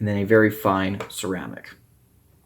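Someone talks while handling the rotating stone holder of a WorkSharp Precision Adjust knife sharpening system, which is turned so the next abrasive stone (diamond or ceramic) snaps into place on rotation. Nothing has seated or clicked yet; the stone is handled but not yet home.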